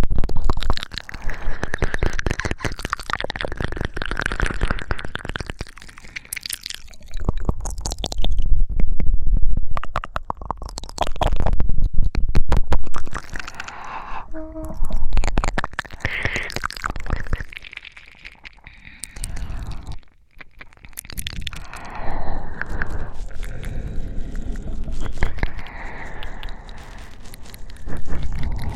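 Wet mouth sounds and sucking noises crowd right up against the ear, full of rapid sticky clicks and smacks. Heavy, breathy exhales swell in and out between them, with a brief near-silent lull around the eighteen-to-twenty second mark before the sounds resume.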